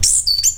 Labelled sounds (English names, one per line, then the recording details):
Stitchbird song
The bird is a male
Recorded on Tiritiri Matangi Island, New Zealand, in 2005
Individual 21, of nest box 30